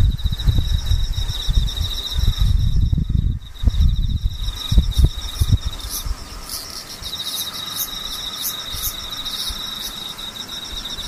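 Insects chirr steadily in a high, bright, continuous trill with a fast pulsing texture. Over the first five seconds, low rumbling thumps and bumps crowd underneath, then fade, leaving the insect chorus alone and even, with faint higher chirps pulsing from about six seconds on.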